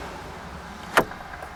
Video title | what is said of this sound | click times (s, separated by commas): 2990-2005 Mazda MX5 Miata Convertible Top Latch Replacement - MIATA STREET | There you go. And that's locked in. | 1.0 s